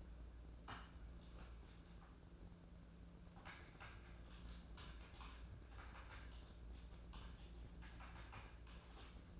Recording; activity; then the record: daily activity, microphone in the room; typing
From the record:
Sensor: 2